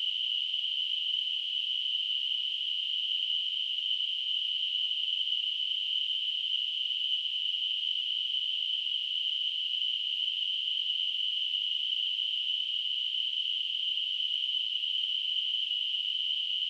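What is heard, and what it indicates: A steady, unbroken high-pitched hiss, narrowly centred around 3 kHz, continues without change for about 17 seconds. This is a simulated tinnitus sound: a constant phantom ringing or hissing that people with tinnitus hear without any outside source.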